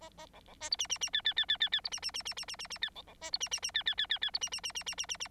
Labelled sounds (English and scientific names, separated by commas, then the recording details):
Bengalese Finch (Lonchura striata domestica) song
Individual Bird9